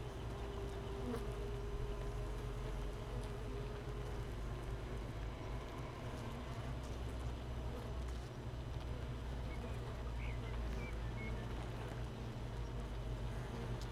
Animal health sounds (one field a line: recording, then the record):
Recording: honeybee colony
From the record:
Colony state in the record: missing queen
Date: 31 May 2018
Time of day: 15:03